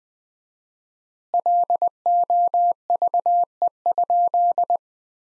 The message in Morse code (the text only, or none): LOVE?